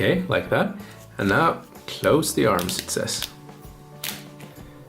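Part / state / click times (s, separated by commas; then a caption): wrapping arms closing on a toy lollipop wrapping station / seated / 4.0 s. Someone talks while the plastic arms of a toy lollipop wrapping station are closed around a lolly in a gift bag. The arms snap into place with a sharp click at 4.0 s, followed by a softer click at 4.1 s.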